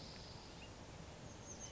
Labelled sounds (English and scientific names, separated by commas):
White-breasted Nuthatch (Sitta carolinensis)